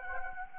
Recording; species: mosquito wingbeat signal from an infrared sensor; Anopheles gambiae